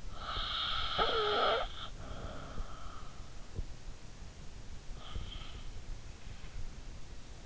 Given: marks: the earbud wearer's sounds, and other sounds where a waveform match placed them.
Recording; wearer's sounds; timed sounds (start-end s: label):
sounds in sleep by an in-ear microphone; snoring breath, breath
0.00-2.92 s: snoring breath
4.59-6.13 s: breath